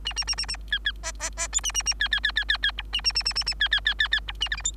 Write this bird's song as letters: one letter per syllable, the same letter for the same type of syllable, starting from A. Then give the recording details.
A A A A A B B C C C D A A A B B B B B B E A A A A A A B B B B B E A F G H. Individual Bird3